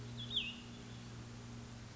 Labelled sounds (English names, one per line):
Cassin's Vireo